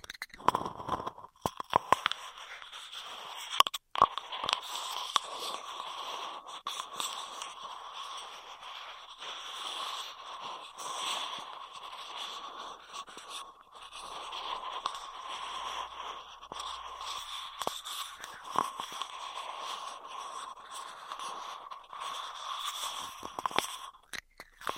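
Intense straw sounds crinkle and crackle without pause, a dense stream of tiny crunchy clicks and scrapes. The texture stays steady and bright for the whole stretch, with sharper snaps scattered through the first few seconds and almost nothing in the low end.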